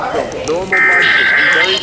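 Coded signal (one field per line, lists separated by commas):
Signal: Emergency Alert System (SAME) tones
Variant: header bursts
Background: speech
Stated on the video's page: Real National Periodic Test on EAS and WEA.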